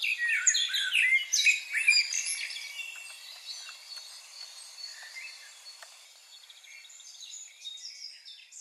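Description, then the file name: Common blackbird giving rich fluted warbling phrases with higher twittery endings in the first few seconds, then fading; other birds chirp faintly in the background. "Turdus merula"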